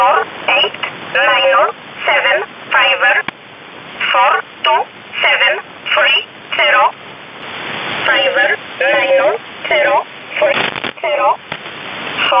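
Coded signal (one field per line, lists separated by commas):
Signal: numbers station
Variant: E11 Oblique, English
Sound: a voice reading short, evenly spaced words, about 16 in 12 seconds, over hiss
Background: radio static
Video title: 24 06 2019 E11 Oblique Numbers station in English 0457 on 7469 unknown tx site in USB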